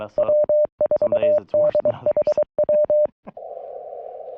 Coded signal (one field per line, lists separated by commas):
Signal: Morse code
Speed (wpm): 23 wpm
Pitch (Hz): 600 Hz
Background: speech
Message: W4DHW